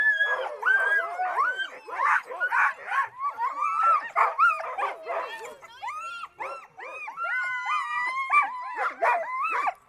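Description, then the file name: Sled dogs yelping and barking together, with long wavering whines sliding up and down between bursts of rapid excited barks. Sled dogs before the start, Värmland, 1 January 2013, about 12:39. "20130101 123938 Vaermland Sledge Dogs Before Start"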